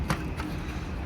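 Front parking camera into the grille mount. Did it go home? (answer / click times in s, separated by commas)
yes / 0.1 s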